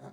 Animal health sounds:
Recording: pig call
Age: piglet (1 to 25 days)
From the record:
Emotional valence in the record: negative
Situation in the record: short isolation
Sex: female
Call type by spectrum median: low-frequency call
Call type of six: low-frequency stable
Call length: 0.12 s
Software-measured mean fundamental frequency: 66 Hz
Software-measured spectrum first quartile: 205 Hz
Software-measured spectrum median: 427 Hz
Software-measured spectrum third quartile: 803 Hz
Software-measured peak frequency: 193 Hz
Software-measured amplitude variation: 83 dB a second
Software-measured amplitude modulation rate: 4.1 a second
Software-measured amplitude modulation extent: 20.3 dB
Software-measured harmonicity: -2.1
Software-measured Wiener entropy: 0.01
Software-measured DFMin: 1137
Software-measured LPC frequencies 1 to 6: 672, 1346, 3642, 4695, 5965, 7090 Hz

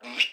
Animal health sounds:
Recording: pig call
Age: piglet (1 to 25 days)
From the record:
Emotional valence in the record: negative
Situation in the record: restrain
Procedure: in the arms of a person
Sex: female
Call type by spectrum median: high-frequency call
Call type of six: low-frequency tonal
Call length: 0.33 s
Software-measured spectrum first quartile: 2385 Hz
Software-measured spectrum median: 2724 Hz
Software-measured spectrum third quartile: 3021 Hz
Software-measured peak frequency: 2790 Hz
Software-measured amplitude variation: 191 dB a second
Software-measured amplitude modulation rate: 12.1 a second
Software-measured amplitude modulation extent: 15.8 dB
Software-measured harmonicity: 8.4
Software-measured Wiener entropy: -1.87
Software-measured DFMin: 952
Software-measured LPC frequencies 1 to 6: 643, 2373, 2769, 3530, 5147, 6384 Hz

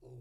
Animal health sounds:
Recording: pig call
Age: weaner (32 to 43 days)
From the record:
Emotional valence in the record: negative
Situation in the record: restrain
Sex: male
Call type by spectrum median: low-frequency call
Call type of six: low-frequency stable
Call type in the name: low-frequency stable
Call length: 0.21 s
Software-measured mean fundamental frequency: 44 Hz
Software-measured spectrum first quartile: 119 Hz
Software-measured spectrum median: 213 Hz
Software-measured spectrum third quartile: 433 Hz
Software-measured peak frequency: 375 Hz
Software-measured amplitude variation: 58 dB a second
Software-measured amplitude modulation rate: 23.6 a second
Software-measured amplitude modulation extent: 2.4 dB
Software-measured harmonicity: -3.2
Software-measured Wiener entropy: 0.78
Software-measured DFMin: 1459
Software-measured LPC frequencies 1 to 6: 339, 2621, 4197, 4795, 5680, 6890 Hz

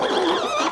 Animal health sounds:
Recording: pig call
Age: piglet (1 to 25 days)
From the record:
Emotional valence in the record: positive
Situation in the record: huddling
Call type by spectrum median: low-frequency call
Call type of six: low-frequency tonal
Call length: 0.72 s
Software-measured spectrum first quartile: 517 Hz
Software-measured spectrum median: 990 Hz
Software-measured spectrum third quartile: 2028 Hz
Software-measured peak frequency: 352 Hz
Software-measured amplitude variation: 97 dB a second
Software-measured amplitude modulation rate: 25.8 a second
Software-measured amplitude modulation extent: 3.8 dB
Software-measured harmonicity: 2.6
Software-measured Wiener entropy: -1.44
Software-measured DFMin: 959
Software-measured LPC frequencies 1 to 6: 576, 1150, 2523, 3342, 3834, 5960 Hz

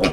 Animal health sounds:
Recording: pig call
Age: piglet (1 to 25 days)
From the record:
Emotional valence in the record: positive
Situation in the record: reunion after long isolation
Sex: female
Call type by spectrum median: low-frequency call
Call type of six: low-frequency tonal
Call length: 0.13 s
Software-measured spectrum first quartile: 386 Hz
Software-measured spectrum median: 790 Hz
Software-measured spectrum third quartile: 2644 Hz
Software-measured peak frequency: 275 Hz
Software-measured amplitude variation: 116 dB a second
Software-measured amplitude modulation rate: 11.4 a second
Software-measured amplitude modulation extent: 10.2 dB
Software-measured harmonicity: -0.1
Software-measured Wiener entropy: -2.24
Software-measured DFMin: 811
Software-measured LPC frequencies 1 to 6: 513, 1247, 2332, 2815, 3710, 4472 Hz

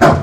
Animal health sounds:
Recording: pig call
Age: growing-finishing pig (85 days or more)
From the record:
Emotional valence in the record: positive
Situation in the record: run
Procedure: transit

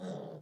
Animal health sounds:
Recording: pig call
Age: piglet (1 to 25 days)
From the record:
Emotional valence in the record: negative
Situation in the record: short isolation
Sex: male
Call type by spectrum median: low-frequency call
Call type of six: low-frequency stable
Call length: 0.42 s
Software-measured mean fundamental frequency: 63 Hz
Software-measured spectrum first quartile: 191 Hz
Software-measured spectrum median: 392 Hz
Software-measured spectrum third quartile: 637 Hz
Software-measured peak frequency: 179 Hz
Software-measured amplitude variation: 107 dB a second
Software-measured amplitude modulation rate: 27.6 a second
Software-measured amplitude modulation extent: 3.9 dB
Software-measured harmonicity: 2.2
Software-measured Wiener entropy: 0.00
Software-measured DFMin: 1559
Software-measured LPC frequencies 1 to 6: 529, 1604, 3333, 3755, 4815, 5661 Hz

